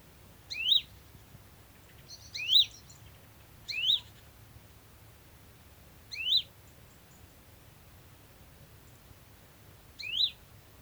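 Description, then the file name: Great tit calls: five short rising chirps given singly at irregular gaps of one to four seconds, over a faint low background hum. "Parus major"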